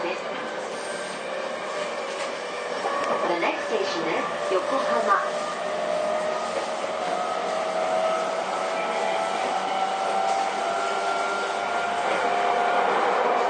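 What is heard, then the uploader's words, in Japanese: A JR East 231 series train rolls along with a steady mid-pitched hum and rumble, thick and unbroken for the whole stretch. Drawn-out tones slide up and down through the middle, strongest between roughly three and six seconds. The sound swells slightly toward the end. JRE231系 伊東〜横浜。区間は伊東線→東海道線です。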